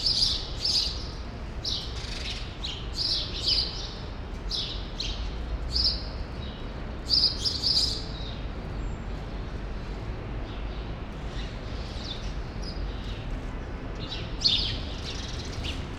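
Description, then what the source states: Sparrow chirps come in scattered bursts, busier through the first half with another short burst near the end, a quieter stretch between and a constant low rumble underneath. Several sparrows in the small remaining part of a large grove, Rue Saint-Jean Népomucène, Brussels, Belgium; recorded with Immersive Soundscapes Earsight V2 AB microphones into a Zoom F3.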